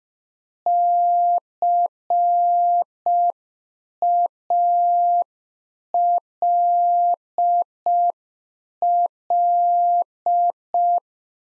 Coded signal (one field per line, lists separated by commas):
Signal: Morse code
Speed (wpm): 5 wpm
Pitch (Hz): 700 Hz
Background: none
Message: CALL